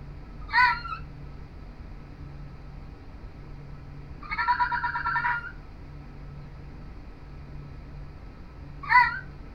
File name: Fennec Singing